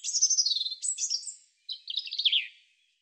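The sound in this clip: European robin song: a high, tumbling phrase of thin whistles and twittering notes sliding downward, a brief pause, then a second warbling phrase falling away at the end.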